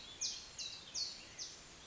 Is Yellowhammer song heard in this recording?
no